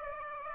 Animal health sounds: mosquito wingbeat signal from an infrared sensor; Aedes aegypti

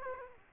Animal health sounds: mosquito wingbeat signal from an infrared sensor; Aedes aegypti

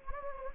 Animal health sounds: mosquito wingbeat signal from an infrared sensor; Anopheles gambiae

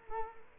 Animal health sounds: mosquito wingbeat signal from an infrared sensor; Culex quinquefasciatus

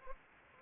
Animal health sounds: mosquito wingbeat signal from an infrared sensor; Anopheles arabiensis

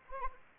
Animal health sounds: mosquito wingbeat signal from an infrared sensor; Anopheles arabiensis

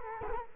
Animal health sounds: mosquito wingbeat signal from an infrared sensor; Culex quinquefasciatus

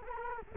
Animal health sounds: mosquito wingbeat signal from an infrared sensor; Culex quinquefasciatus

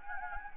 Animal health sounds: mosquito wingbeat signal from an infrared sensor; Anopheles gambiae

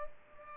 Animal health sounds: mosquito wingbeat signal from an infrared sensor; Culex pipiens

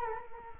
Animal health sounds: mosquito wingbeat signal from an infrared sensor; Culex quinquefasciatus

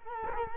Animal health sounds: mosquito wingbeat signal from an infrared sensor; Culex quinquefasciatus

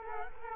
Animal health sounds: mosquito wingbeat signal from an infrared sensor; Culex quinquefasciatus

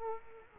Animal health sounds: mosquito wingbeat signal from an infrared sensor; Culex quinquefasciatus

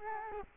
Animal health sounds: mosquito wingbeat signal from an infrared sensor; Culex quinquefasciatus

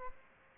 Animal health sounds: mosquito wingbeat signal from an infrared sensor; Aedes albopictus

